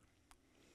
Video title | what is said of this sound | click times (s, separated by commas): Tutorial - Mounting and Wiring A Quiet Cut Spindle | to remove it simply press to the side at the back of the collet and it will pop out of the collet nut | 0.3 s